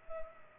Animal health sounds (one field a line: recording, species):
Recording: mosquito wingbeat signal from an infrared sensor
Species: Culex pipiens